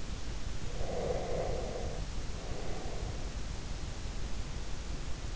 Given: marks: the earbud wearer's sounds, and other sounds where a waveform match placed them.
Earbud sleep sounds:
sounds in sleep by an in-ear microphone; breath
0.84-3.50 s: breath

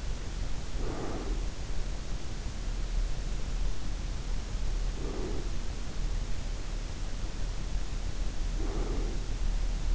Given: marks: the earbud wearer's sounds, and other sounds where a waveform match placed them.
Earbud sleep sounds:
sounds in sleep by an in-ear microphone; breath
0.00-1.61 s: breath
4.78-5.88 s: breath
8.42-9.34 s: breath

